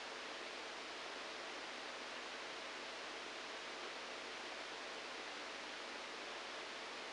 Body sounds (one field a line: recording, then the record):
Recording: brain microelectrode recording played as sound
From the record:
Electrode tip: outside the subthalamic nucleus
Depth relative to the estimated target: 2 mm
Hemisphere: right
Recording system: NeuroSet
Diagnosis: Parkinson's disease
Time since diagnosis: 7 years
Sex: male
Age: 69 years